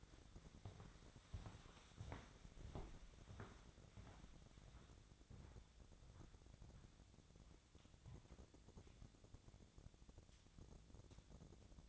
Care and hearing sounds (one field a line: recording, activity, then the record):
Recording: daily activity, microphone in the room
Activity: walk to room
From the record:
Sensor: 3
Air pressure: 1000.0 hPa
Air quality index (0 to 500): 122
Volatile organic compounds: 2 ppm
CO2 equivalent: 1093 ppm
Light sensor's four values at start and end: 40/98/43/47 and 43/105/46/51